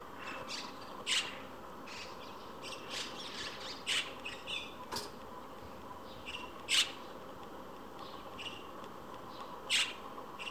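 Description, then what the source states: White-cheeked starlings giving scattered harsh squawks every few seconds, some louder and sharper, over a faint constant background hiss. Several pairs perched in a row at even spacing along an electric wire, occasionally squabbling noisily with harsh chattering.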